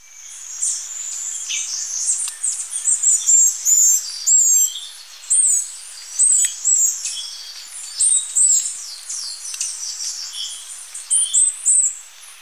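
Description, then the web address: Glistening-green tanager calling with very high, thin, slurred notes in clustered bursts, some sweeping up and down, repeated throughout over quiet background. Ecuador. "Birds of Ecuador. Glistening-green Tanager"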